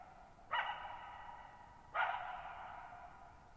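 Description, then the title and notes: Coyote giving two harsh barks about one and a half seconds apart, each followed by a long reverberant tail. Lone coyote at night, July 14, 2019, near Thirtymile Meadows, Okanogan National Forest (Okanogan High Country), Pacific Northwest, 6400 ft; high, mostly dry plateau among tall mountains, shallow bowl-shaped meadow, boggy ground. "Lone Coyote at Thirtymile Meadows. I spent the night of July 14, 2019, camped near Thirtymile Meadows in the Okanogan National Forest at 6400 ft (1950 m)"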